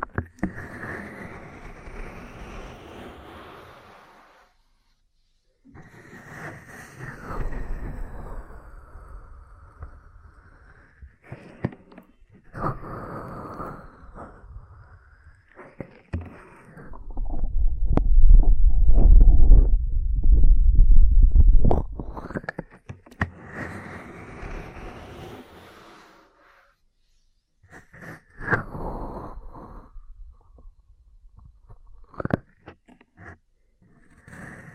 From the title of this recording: Ear Cleaning, Massage, Cupping, Tapping